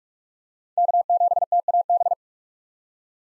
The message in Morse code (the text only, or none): K7TAB